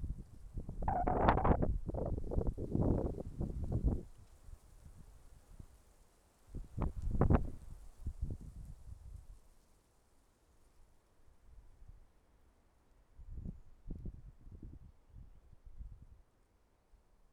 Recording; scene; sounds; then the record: everyday scene through a hearing-aid microphone; wind on the microphone; wind, traffic, birds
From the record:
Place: suburban garden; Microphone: behind the ear, left, rear